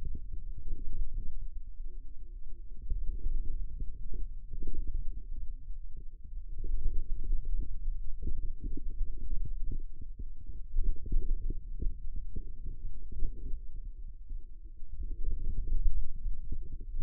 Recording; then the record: forearm muscle sounds (acoustic myography)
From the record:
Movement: hand opening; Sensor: system 2, bracelet of six BSWA MPA416 microphones around the upper forearm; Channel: 5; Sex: male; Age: 22 years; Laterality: right